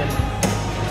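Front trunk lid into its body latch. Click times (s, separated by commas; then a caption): 0.4 s. The front trunk lid of a mid-engine, high-wing C8 Corvette is closed into its body latch, which takes two clicks: a first click, then a pull down to finish. One short, sharp latch click is heard at 0.4 s over a steady background sound. The lid reaches only the first click and is not fully latched yet.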